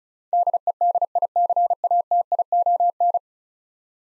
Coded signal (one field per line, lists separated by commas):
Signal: Morse code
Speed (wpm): 36 wpm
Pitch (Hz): 700 Hz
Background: none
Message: DEDICATION